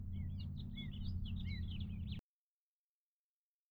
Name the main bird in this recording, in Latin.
Haemorhous mexicanus